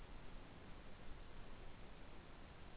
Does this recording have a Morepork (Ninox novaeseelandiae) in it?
no